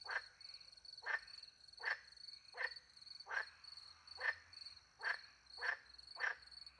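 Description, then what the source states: Frog croaking steadily, nine short raspy notes under a second apart, with crickets trilling high and unbroken behind. Frogs with crickets in countryside at night, France; microphones hidden in a tree close to a little pond; two Usi Pro microphones into a MixPre-10 II recorder.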